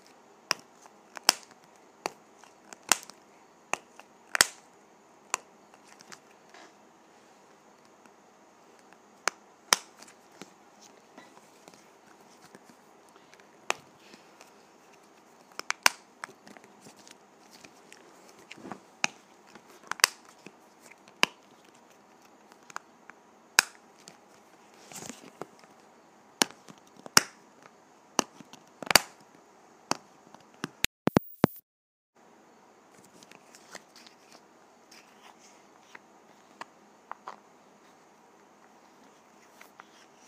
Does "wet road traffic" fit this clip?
no